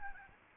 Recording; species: mosquito wingbeat signal from an infrared sensor; Aedes albopictus